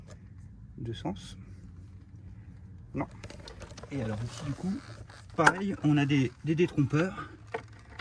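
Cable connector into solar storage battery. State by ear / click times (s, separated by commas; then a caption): not seated / none. A keyed battery cable connector is lined up by its polarizing guides and pushed toward the socket of a Zendure SolarFlow solar storage battery while someone talks. Brief handling knocks and rustles are heard, with sharper taps near 7.5 s and at the very end. Nothing has seated or clicked yet.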